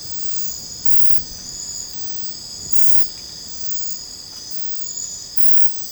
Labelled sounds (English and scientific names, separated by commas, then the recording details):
none
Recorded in secondary vegetation near Puerto Asís, Putumayo, Colombia, on 20 December 2024 at 01:00
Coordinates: 0.499, -76.323
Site G010